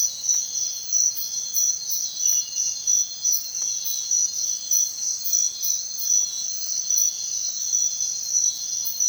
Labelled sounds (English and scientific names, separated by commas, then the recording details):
none
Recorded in secondary vegetation near Puerto Asís, Putumayo, Colombia, on 23 June 2025 at 05:30
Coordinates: 0.499, -76.323
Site G077